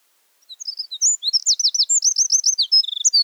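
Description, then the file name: Eurasian wren singing a loud, very high, fast song of tumbling notes that runs into rapid rattling trills, with no other sounds. "Zaunkoenig Gesang"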